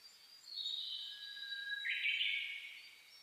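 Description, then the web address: Birds singing: a thin, steady high whistle, then a brief bright burst of notes past the middle, over soft background hiss. Dawn chorus (reimei) of birdsong (saezuri), recorded on 10 May 2010 at 04:01. "reimei -saezuri-20100510"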